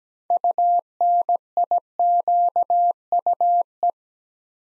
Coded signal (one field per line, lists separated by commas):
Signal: Morse code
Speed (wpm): 17 wpm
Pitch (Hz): 700 Hz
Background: none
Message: UNIQUE